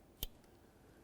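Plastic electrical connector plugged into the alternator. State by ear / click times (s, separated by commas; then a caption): seated / 0.2 s. A plastic electrical wiring connector is slid onto the alternator of a 2009–2020 Dodge Journey. A single sharp click sounds at 0.2 s as it seats, followed by quiet. It is then tugged to check that it is secure.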